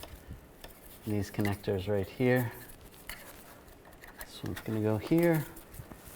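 Someone talks while handling a plastic wiring harness connector with a locking tab during an A/C condenser replacement on a 1998-2010 Volkswagen Beetle, with faint taps and handling noises between the words. The clip ends just before the connector is pushed on and its retainer locked down, so nothing has seated or clicked yet.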